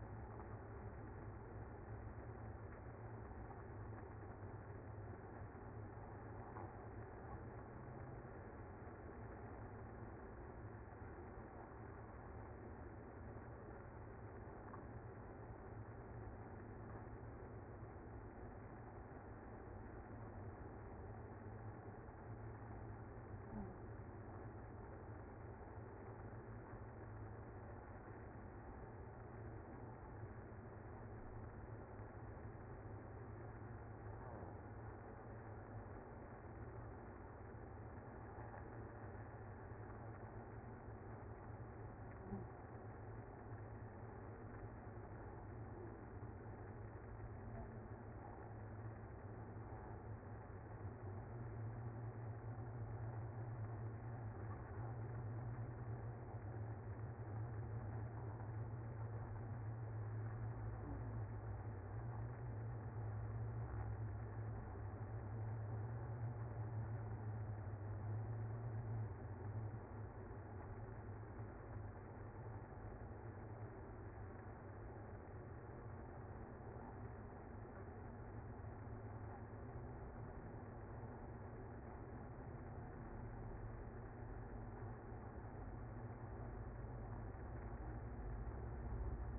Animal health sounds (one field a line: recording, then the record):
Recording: honeybee colony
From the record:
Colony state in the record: active